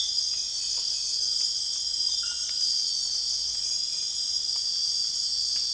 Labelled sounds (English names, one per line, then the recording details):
none
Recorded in secondary vegetation near Puerto Asís, Putumayo, Colombia, on 30 June 2025 at 22:30
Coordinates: 0.485, -76.322
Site GP06